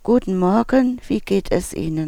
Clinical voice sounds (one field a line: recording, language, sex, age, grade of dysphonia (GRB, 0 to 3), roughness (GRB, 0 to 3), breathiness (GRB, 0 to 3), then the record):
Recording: spoken sentence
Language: German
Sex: female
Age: 60 to 69 years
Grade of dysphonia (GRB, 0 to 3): 2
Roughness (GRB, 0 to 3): 1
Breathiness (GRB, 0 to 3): 2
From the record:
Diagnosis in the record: psychogenic dysphonia, hyperfunctional dysphonia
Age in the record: 62 years